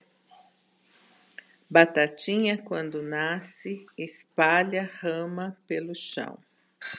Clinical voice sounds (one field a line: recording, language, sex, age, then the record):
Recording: short text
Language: Brazilian Portuguese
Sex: female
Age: 60 to 69 years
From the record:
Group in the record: control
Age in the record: 65 years